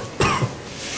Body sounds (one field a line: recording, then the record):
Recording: coughing mixed with background sound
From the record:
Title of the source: Mid-morning Winter Coughing Fit